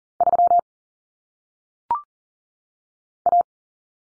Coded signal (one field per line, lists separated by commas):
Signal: Morse code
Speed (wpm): 40 wpm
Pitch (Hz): 700 Hz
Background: none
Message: 3 A